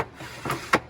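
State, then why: Seated. A threaded locking ring is screwed by hand onto a pool filter housing lid until it snaps tight into place. A softer scraping rustle comes around 0.5 s, then a sharp, bright snap at 0.7 s. The ring is seated on the lid.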